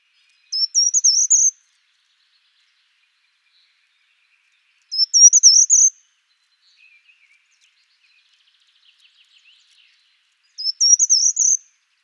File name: certhia brachydactyla